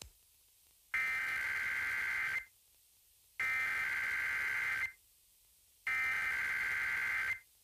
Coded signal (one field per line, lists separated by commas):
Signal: Emergency Alert System (SAME) tones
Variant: header bursts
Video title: EAS 4818-4819: KLOVE EAS Test From 12/30/23